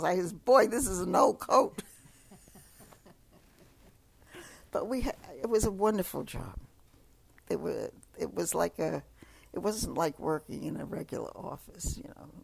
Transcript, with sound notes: I says, "Boy, this is an old coat." ( they laugh ) But we had, it was a wonderful job. It was like a, it wasn't like working in a regular office, you know?